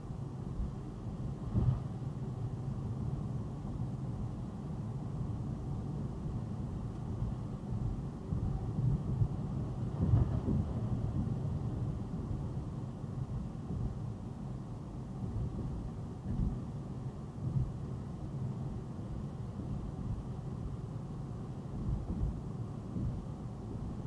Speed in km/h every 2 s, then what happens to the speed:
85, 84, 85, 87, 87, 85, 82, 82, 84, 87, 87, 89.
0-15 steady at about 85. 15-24 speeds up to 89.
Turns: none.